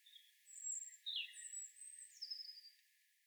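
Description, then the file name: European robin giving high, thin whistled phrases, some long and sliding, others short and jumbled, against a soft hiss. "Erithacus rubecula"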